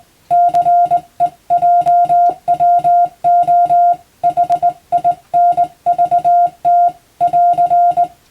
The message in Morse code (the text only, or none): CEJWO HINVT <AR>